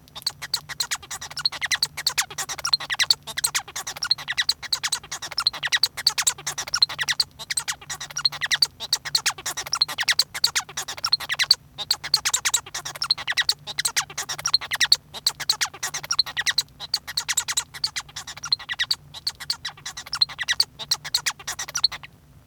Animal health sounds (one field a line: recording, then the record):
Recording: song of a male Bengalese finch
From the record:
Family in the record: son of father 1